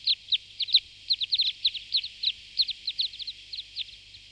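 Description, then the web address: Red crossbill song of bright, abrupt high chips given in quick irregular clusters, some doubled, over a quiet low background hum. "singvoegel gesang. kosmos 93 fichtenkreuzschnabel"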